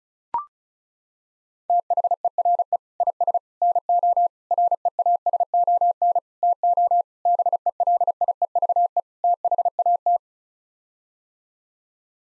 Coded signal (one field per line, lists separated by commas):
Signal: Morse code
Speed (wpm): 34 wpm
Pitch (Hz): 700 Hz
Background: none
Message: THERE IS NO REASON TO BELIEVE THAT